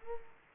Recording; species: mosquito wingbeat signal from an infrared sensor; Culex quinquefasciatus